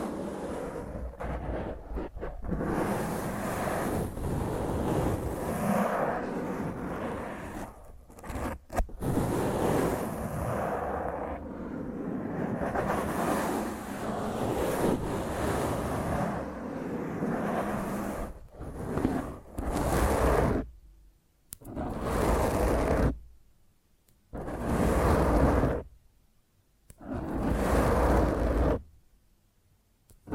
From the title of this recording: Intense Rough Mic Scratch using HandNails